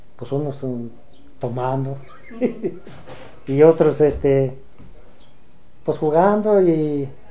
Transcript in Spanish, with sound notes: pos unos tomando (risas) y otros, este, pos jugando y